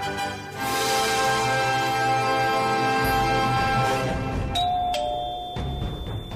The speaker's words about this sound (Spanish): Melissa tocó el timbre de la casa.